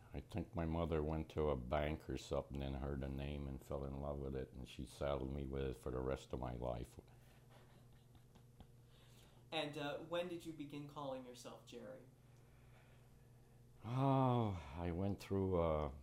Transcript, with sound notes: I think my mother went to a bank or something and heard the name and fell in love with it and she saddled me with it for the rest of my life. [Laughs]
And when did you begin calling yourself Jerry?
Ah, I went through